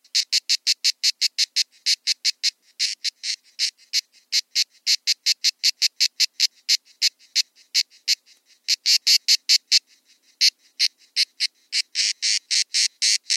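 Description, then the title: Grey cicada song, a long train of rasping high-pitched pulses at a fast, fairly even beat, with brief pauses and louder dense stretches. Encounter of several grey cicadas, recorded at Buoux, Vaucluse, in June 2004. "Sylvain Jaskowiak - Animus. Rencontre de cigales grises - Buoux, Vaucluse - juin 2004"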